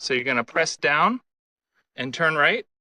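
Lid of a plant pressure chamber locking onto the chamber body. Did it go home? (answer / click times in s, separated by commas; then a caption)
no / none. Someone talks while handling the lid of a plant pressure chamber, with a grapevine leaf tucked into the lower chamber, pressing the lid down to turn it right onto the chamber body so it locks. Only speech is heard, and the lid has not locked or clicked yet.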